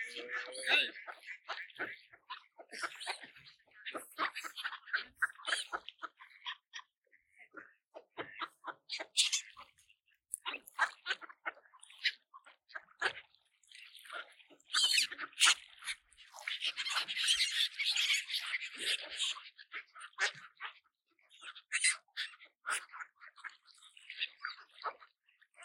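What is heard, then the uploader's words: Ducks at a park lake, heard while being fed, with a busy run of quick, rasping calls and splashy pecking sounds that rarely pause. A denser, noisier burst comes around fifteen to twenty seconds in, and a low voice murmurs briefly at the start. Today, we're feeding the ducks at the lake in Saltwell Park. Recorded in January. I went out and fed the ducks (and swans, and other birds that came along for the meal) peas.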